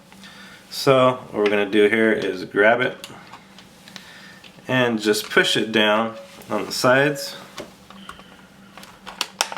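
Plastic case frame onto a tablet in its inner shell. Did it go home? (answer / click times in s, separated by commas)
yes / 9.2 s, 9.4 s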